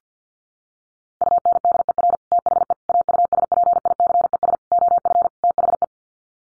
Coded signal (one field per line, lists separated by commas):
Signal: Morse code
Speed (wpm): 50 wpm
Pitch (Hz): 700 Hz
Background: none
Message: UNDER THE AUSPICES OF THE